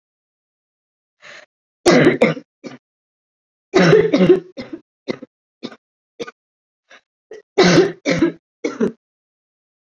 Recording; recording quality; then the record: heavy voluntary cough; excellent, no background noise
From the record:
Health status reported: COVID-19 positive, mild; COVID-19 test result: positive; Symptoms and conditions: cough, fever, fatigue, muscle pain, loss of smell and taste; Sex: female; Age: 27 years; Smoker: not ticked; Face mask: not worn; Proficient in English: yes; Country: India